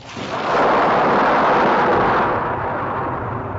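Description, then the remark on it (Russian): A loud roll of thunder in a storm at the edge of the steppe, from a King Lear audiobook, swells up within half a second into a deep, sustained rumbling roar, then slowly eases off without fully dying away. No one speaks. “Буря продолжается.”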